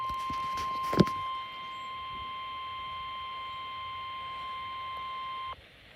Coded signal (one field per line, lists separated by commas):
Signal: Emergency Alert System (SAME) tones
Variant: 1050 Hz attention tone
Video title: Required Weekly Test [EAS #419]